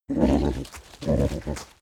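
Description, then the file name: Pony nickering, a low, throaty fluttering sound in two pulsed bursts, the second ending with a short extra flutter. "horse pony nicker"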